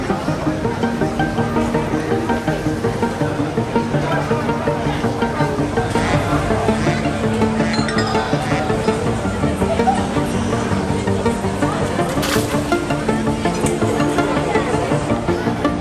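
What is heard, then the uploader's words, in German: A beer garden crowd fills the whole stretch with overlapping voices talking at once, a dense, steady murmur with no single speaker standing out. Small clinks and knocks come through now and then, with a brief sharp clatter around twelve seconds. Biergarten (Inselmühle, Untermenzing). Ein Besuch in der Inselmühle in Untermenzing.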